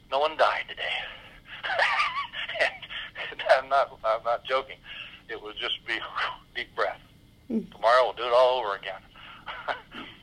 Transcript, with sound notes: no one died today. (laughs) I'm not joking. It would just be, deep breath. Tomorrow we'll do it all over again.